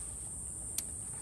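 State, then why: Seated. A plastic wiring harness connector is pushed onto the camshaft position sensor of a Chevrolet Cruze 1.8 F18D4 engine during a head gasket replacement. Over a steady low rumble and a constant high-pitched hiss, one short, sharp click sounds at 0.8 s as the latch engages and the connector locks in place.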